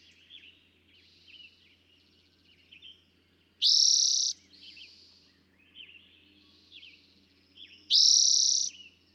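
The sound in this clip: Eastern towhee singing two loud, fast, buzzy trills about four seconds apart, with softer, quieter notes between them.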